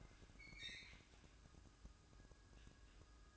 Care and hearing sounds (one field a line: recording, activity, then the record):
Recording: daily activity, microphone in the room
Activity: open fridge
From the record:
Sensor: 2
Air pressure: 1007.6 hPa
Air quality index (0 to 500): 45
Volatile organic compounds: 1 ppm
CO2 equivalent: 555 ppm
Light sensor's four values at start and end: 11/26/11/11 and 11/26/11/11